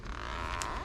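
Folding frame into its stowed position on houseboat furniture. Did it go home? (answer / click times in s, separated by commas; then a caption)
yes / 0.6 s. A folding frame on the furniture of a 1992 Sumerset 16 x 64 WB houseboat on Norris Lake, Tennessee (sold), is folded down into its stowed position. Over a steady background hum, a bright, sharp snap is heard at 0.6 s as the frame snaps back into place and goes right down.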